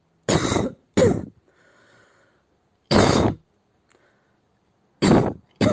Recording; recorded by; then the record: voluntary cough; messaging app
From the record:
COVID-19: negative